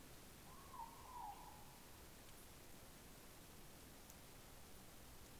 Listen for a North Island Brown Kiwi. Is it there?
no